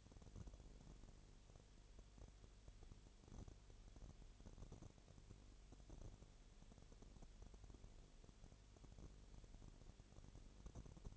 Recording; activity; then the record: daily activity, microphone in the room; no activity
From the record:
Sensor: 4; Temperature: 22.7 degrees Celsius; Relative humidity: 32.0%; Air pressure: 1008.1 hPa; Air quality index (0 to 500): 114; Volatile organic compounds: 2 ppm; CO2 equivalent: 1105 ppm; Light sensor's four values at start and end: 2/3/1/1 and 2/3/1/1